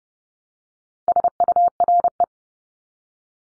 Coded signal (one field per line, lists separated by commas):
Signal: Morse code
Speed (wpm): 30 wpm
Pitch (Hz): 700 Hz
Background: none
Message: SURE